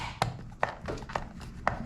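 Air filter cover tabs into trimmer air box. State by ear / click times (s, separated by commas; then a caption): seated / 0.6 s, 1.7 s. The plastic air filter cover of a Homelite Bandit SX-135 trimmer is slid onto the tabs of its air box and pushed down during a carburetor replacement, with short plastic knocks and rattles throughout. Sharp clicks at 0.6 s and 1.7 s mark the tabs snapping home, and the cover is seated and back together.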